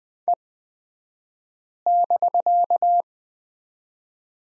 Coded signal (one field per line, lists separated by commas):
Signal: Morse code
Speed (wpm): 20 wpm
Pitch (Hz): 700 Hz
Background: none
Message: E<BK>